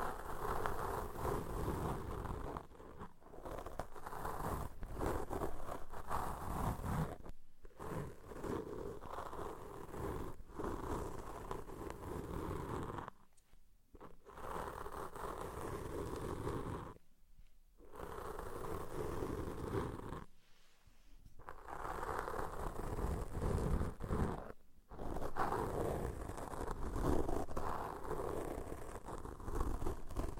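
Ear cleaning ASMR with dense, rough scratching and rubbing that fills the sound almost continuously. The texture is gritty and full, weighted toward low and middle tones, broken by brief silences near 3, 7, 13, 17, 20 and 25 seconds.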